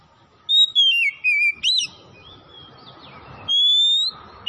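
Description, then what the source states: Oriental magpie-robin giving a few loud whistled notes, one falling in a warbled slur, then a long steady rising whistle after a pause; faint background hiss. Kacer from Tretes, singing vigorously (gacor).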